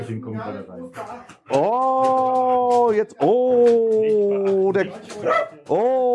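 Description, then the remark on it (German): Two dogs bark and yowl in loud, drawn-out tonal cries, several sustained notes of a few seconds each, broken by short, sharper yelps. “Oh, jetzt kommen die, Hunde.”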